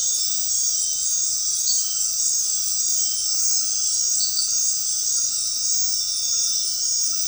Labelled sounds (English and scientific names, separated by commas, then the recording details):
none
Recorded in dense forest near Puerto Asís, Putumayo, Colombia, on 19 February 2024 at 20:00
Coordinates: 0.500, -76.322
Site G6465